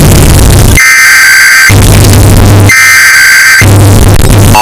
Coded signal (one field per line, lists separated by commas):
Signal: Emergency Alert System (SAME) tones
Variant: header bursts